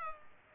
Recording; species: mosquito wingbeat signal from an infrared sensor; Culex pipiens